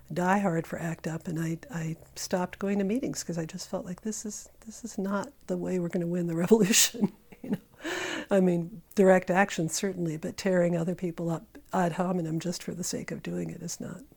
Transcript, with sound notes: diehard for ACT UP, and I stopped going to meetings 'cause I just felt like this is not the way we're gonna win the revolution. [laughter] I mean, direct action certainly—but tearing other people up ad hominem just for the sake of doing it is not